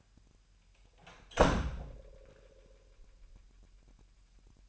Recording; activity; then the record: daily activity, microphone in the room; close door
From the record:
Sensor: 2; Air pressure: 998.2 hPa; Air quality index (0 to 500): 142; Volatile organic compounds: 4 ppm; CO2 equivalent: 1613 ppm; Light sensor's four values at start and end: 11/33/13/13 and 11/33/13/13